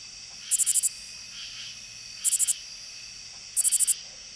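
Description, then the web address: Lesser angle-wing katydid song: short bursts of four or five very high, crisp ticks, repeated about every one and a half seconds over a steady background insect hum. "The Songs of Insects. Lesser Angle-wing Katydid"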